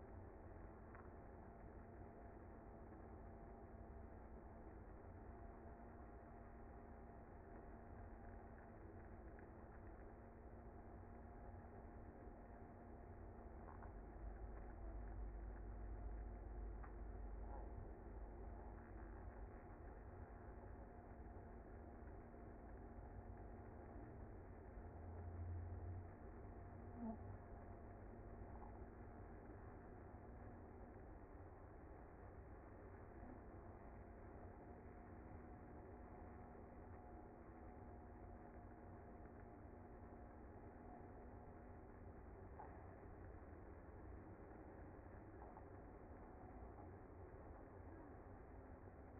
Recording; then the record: honeybee colony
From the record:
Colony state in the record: active